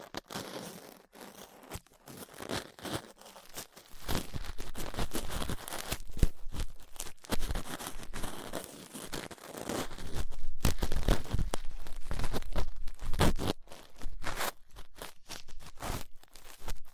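Ear cleaning with latex gloves, a dental pick and cotton swabs: close crinkly scraping, rubbing and crunching in dense, irregular bursts. The first four seconds are quieter and sparser, then the scratchy friction grows louder and nearly continuous, with brief gaps around eleven and thirteen seconds.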